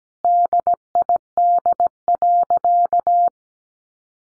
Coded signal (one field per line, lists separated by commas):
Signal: Morse code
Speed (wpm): 17 wpm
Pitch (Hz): 700 Hz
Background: none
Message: DID.